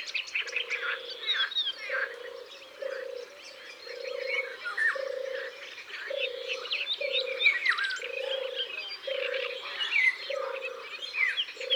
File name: Tourterelle des bois